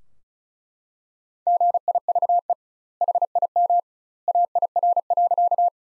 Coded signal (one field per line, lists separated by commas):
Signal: Morse code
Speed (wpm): 34 wpm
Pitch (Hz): 700 Hz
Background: none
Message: GIVE HIM AIR.